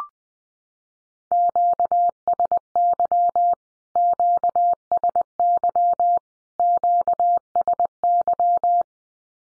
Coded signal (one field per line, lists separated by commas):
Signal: Morse code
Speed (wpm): 20 wpm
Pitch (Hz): 700 Hz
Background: none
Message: QSY QSY QSY